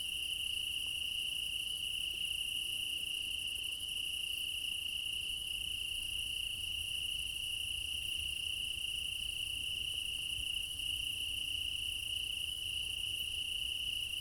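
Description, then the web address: Long, steady cricket chorus: one persistent high trill plus a fainter higher shimmer, no breaks or other sounds. Meadow at night in Crimea in summer; quad ambience recorded with ORTF microphone pair offset by 3 m, front pair. "Alexander Kopeikin - Quad ambience of Crimea in summer 20 meadow night ambience, crickets, ortf offset by 3 m, front"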